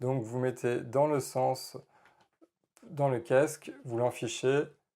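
The detachable cable's mini-jack plug, which has a pin on each side, is being inserted into the earcup socket of a pair of Pioneer HDJ-700-K headphones, to be turned so it locks. Someone talks throughout, with a short pause around 2 s that holds a faint, brief sound. Nothing has clicked or seated yet.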